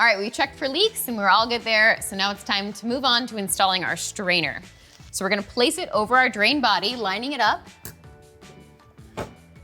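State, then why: Not seated. Someone talks over music, then a shower drain strainer grate for a Delta prefab shower drain is placed over the drain body and lined up, with light handling sounds near 8.0, 8.8 and 9.0 seconds. The strainer has not been pressed down yet, and nothing has clicked into place.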